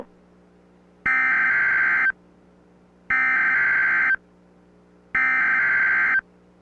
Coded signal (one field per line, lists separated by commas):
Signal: Emergency Alert System (SAME) tones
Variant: header bursts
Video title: KZZ65 - High Wind Warning! - 2022-04-14